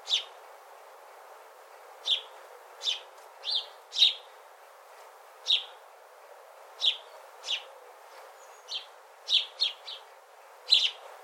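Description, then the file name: House sparrow giving a long series of chirps, mostly singles with some quick pairs and a rapid cluster near the end, over steady low hiss. "Passer domesticus"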